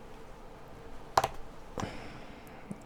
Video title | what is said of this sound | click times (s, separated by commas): QUICK BUILD: K6ARK Single Lever Paddle #cw #morsecode | goes really nicely nice positive click there | 1.2 s